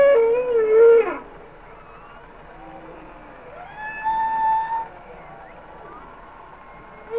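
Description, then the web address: Humpback whale song: a loud tonal moan with rich harmonics, then after a quiet gap a softer tone that rises and holds steady. "Whale Songs Sounds of Nature - Humpback Whales"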